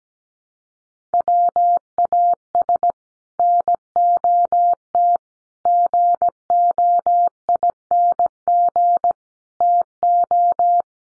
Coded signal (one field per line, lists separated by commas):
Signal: Morse code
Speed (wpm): 17 wpm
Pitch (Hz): 700 Hz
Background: none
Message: WAS NOT GOING TO